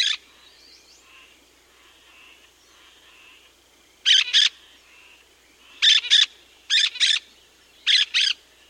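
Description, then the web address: Olive-throated parakeet giving several harsh double squawks after a quiet stretch with faint chatter. South America. "Natures Songs S America Olive-Throated Parakeet"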